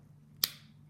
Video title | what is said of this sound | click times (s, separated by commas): How to use UniGuard | lock the pen needle into place by clicking the flap until it clicks | 0.4 s